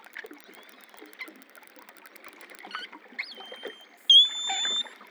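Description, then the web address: Long-finned pilot whale sounds: soft clicks at first, then a bending whistle and a loud steady tonal whistle near the end. Recorded in the Antilles. "PMahe Voile'Ocean Audio prez Globi antilles globicephala Melas Apex Cetacea Gouf"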